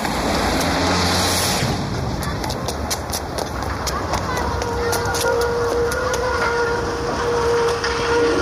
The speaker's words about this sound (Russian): следом забегает Портос, двери закрываются, трамвай уезжает